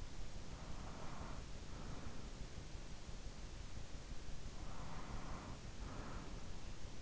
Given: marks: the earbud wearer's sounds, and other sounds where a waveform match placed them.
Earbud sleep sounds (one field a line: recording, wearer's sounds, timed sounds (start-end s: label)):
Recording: sounds in sleep by an in-ear microphone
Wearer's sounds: breath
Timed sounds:
0.17-2.96 s: breath
4.00-7.02 s: breath